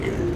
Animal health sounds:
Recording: contact call of a hoofed animal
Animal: pig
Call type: closed-mouth grunt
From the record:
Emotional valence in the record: positive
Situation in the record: food and toys in familiar pen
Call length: 0.36 s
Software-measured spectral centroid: 1660 Hz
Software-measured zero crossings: 1020 a second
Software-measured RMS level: -24 dBFS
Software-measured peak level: -14 dBFS

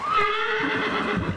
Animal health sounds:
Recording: contact call of a hoofed animal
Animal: horse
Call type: whinny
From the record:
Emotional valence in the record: positive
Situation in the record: reunion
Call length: 1.37 s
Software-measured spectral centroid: 1830 Hz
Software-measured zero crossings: 2550 a second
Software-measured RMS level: -24 dBFS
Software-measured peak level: -10 dBFS

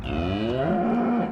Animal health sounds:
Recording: contact call of a hoofed animal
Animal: cattle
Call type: low-frequency (closed-mouth) or high-frequency (open-mouth) call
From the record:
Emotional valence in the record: positive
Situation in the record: visual reunion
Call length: 1.32 s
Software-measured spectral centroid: 1030 Hz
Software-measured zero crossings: 980 a second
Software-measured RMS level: -24 dBFS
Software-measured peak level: -13 dBFS

